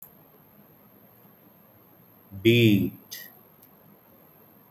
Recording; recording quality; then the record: sustained vowel as in beet; moderate, slight background noise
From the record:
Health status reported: healthy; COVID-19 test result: not tested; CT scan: not taken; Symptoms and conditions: cough, fatigue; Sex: male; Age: 38 years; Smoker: yes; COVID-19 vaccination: both doses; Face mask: not worn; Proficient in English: yes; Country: India